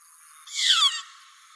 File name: Canto do mocho dos banhados